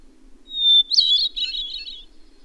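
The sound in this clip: Bird song phrase: a pure, level whistle followed by a fast, scratchy twittering warble that trails off, with a faint low hum beneath.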